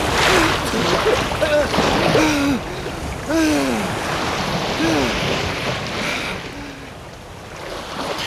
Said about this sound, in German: Offenbar bricht sich das Meer an Felsen!